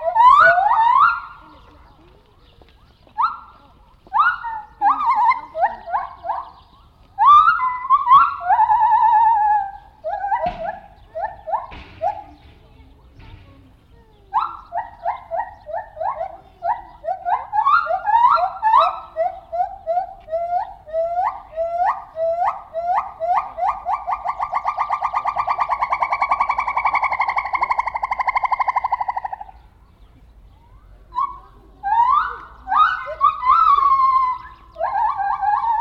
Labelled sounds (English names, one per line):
Silvery Javan Gibbon